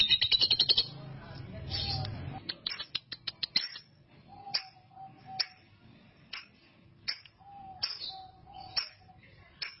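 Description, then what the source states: Canary song opening with a fast high trill, followed by scattered clicks, short whistled notes and sharp chirps spaced irregularly, with a low rumbling noise near the start. Master song recording used for training canaries.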